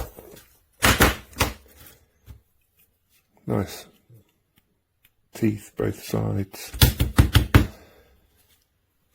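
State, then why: Seated. A saw blade with teeth on both sides is opened on a GIRIAITUS 17-in-1 multifunction knife while someone talks. A series of sharp metallic clicks builds up, and the blade's metal lock snaps home with a loud click at 7.6 s, seating the saw blade locked in the multitool handle.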